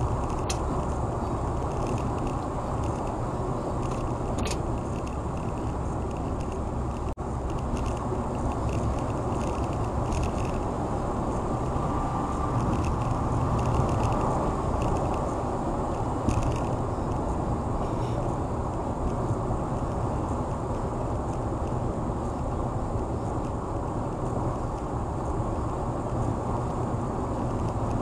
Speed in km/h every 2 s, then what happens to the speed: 111, 109, 109, 109, 109, 111, 111, 113, 113, 113, 111, 111, 111, 108.
0-28 steady at about 111.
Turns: none.